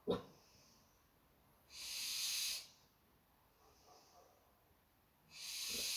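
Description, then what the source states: Western barn owl giving two harsh hissing screeches a few seconds apart, with faint softer hisses and a few clicks. Recorded 21 August 2020 at 23:19.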